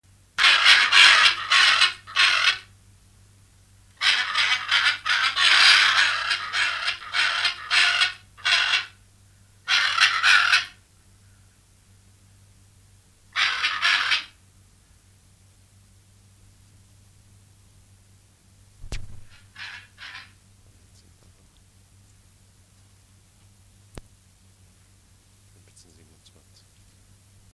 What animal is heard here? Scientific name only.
Anodorhynchus hyacinthinus